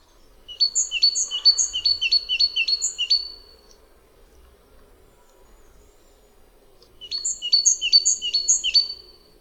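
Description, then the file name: Great tit song: rhythmic, ringing two-part notes repeated quickly in a three-second burst, then a second burst after a pause. "Sikora bogatka"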